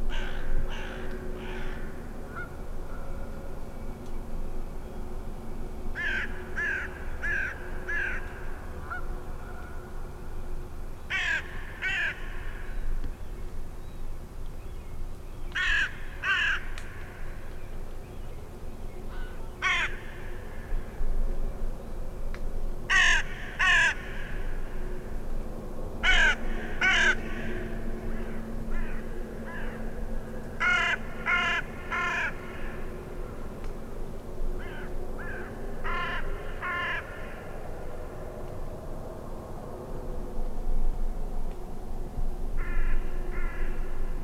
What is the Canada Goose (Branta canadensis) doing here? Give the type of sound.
call